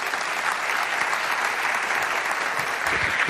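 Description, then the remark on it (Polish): An audience at a Polish Radio Trójka (Program Trzeci) event applauds steadily, a dense wash of many hands clapping at an even, sustained level from start to finish with no voices breaking through. “Brawa dla Kosmitka, pozdrawiamy.”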